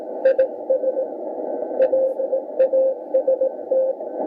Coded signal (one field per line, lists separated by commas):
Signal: Morse code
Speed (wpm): 17 wpm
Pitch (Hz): 530 Hz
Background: radio noise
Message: IS A EAST